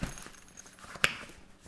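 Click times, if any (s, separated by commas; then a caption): 1.0 s. A magnetic lock buckle on a modular pouch is attached to a backpack strap mount. Faint rustling and small ticks lead up to one sharp, bright snap at 1.0 s, after which the buckle is seated in place.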